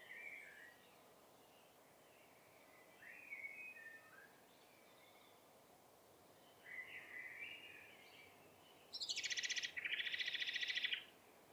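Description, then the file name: Common blackbird giving a loud, fast rattle in two close bursts near the end, after several soft warbled phrases from a bird earlier on. "Turdus merula"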